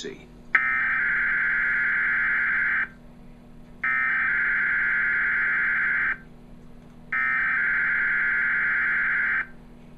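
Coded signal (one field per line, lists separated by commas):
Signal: Emergency Alert System (SAME) tones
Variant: header bursts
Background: speech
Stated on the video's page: Required Weekly Test received on cable TV.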